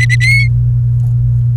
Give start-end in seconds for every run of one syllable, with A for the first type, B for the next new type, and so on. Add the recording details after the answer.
0.00-0.16 A, 0.20-0.47 B. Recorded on 28 April 2018 at 15:51. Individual llb3